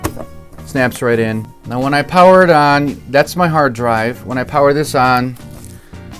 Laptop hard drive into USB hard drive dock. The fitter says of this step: which are used to seat in the laptop and now you line it up snaps right in